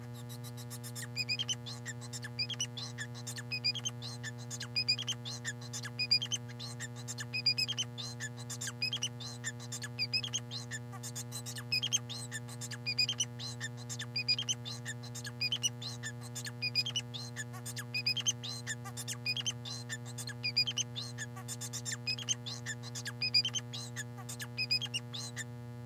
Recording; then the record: song of a male Bengalese finch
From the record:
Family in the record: son of father 4